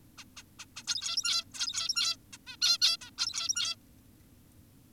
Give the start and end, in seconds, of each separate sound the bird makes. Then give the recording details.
0.18-0.24, 0.37-0.43, 0.59-0.66, 0.76-0.83, 0.88-1.44, 1.54-2.16, 2.33-2.38, 2.47-2.56, 2.62-2.78, 2.82-2.97, 3.02-3.10, 3.18-3.76. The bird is an adult. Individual g17y2U